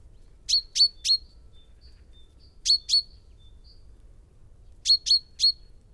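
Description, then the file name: Common chaffinch giving loud, sharp notes in quick groups of three, two, then three, about every two seconds, with faint softer notes between, over a quiet background. "Fringilla coelebs"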